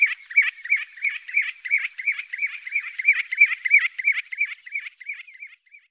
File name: Strorre strandpipare